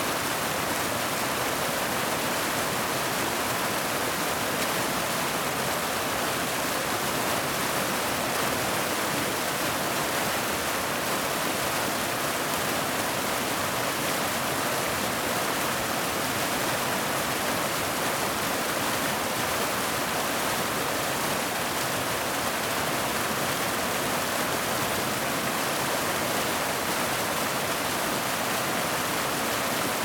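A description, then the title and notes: Water cascades in a steady, dense rush, bright and hissing with a softer low rumble beneath, unchanging from start to finish. Immersive Waterfall Soundscape. The gentle flow of cascading water.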